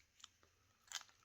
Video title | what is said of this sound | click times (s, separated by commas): Olight Baton 3 Pro EDC flashlight. plus a FREE GIVEAWAY Olight Gober kit. Got to be in it to win it | Locks into place. | 1.0 s